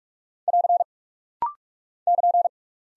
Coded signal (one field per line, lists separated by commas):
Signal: Morse code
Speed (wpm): 46 wpm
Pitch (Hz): 700 Hz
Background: none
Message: <AR> <KN>